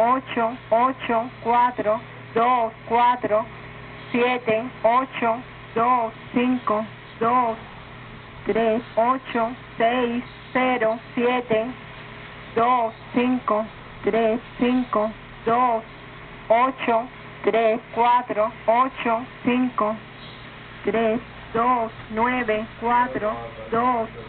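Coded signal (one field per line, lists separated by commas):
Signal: numbers station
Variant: Spanish female voice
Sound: woman reading Spanish numbers one by one at a steady pace over radio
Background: radio static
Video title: Cuban Numbers Station at 2201 UTC 10/09/2014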